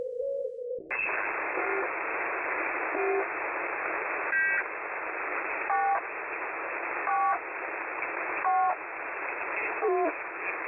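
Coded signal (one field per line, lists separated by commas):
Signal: channel marker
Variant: The Pip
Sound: steady hiss with a short buzzy double-tone pip repeating every second and a half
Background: radio static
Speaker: The pit is just one of those stations that's in the same family as uh UVB76. That's the famous one.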